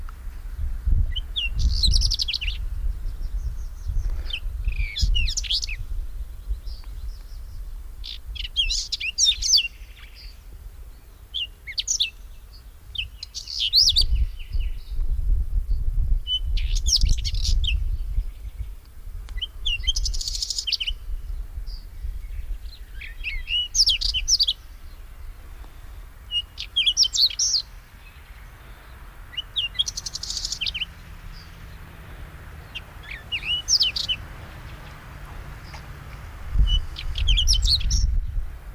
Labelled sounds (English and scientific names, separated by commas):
Whinchat (Saxicola rubetra) song